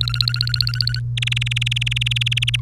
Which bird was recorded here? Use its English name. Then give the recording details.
Domestic Canary. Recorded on 1 May 2018 at 17:14. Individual llb3